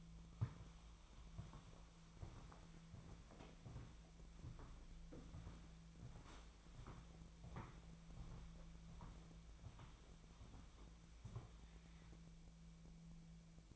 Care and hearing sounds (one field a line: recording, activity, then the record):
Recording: daily activity, microphone in the room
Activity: walk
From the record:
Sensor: 1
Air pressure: 1008.4 hPa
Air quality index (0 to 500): 190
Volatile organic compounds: 17 ppm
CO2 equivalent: 2572 ppm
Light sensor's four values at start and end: 16/40/16/19 and 18/46/19/21